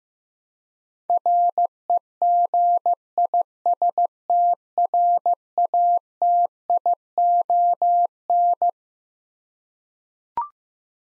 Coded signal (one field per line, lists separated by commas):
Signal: Morse code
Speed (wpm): 15 wpm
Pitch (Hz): 700 Hz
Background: none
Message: REGISTRATION